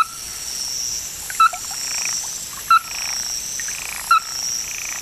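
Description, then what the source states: Ruddy-breasted Crake: three abrupt knocking notes spaced over five seconds, against steady high shrill buzzing. Described as a bird of Hokkaido, Japan.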